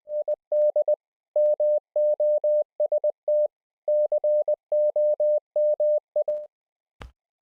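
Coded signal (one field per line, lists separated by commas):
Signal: Morse code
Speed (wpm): 20 wpm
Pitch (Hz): 600 Hz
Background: none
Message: ID MOST COMI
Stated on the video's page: Full-duplex sidetone audio of four CW operators connected over the internet via Studio-Link, not radio.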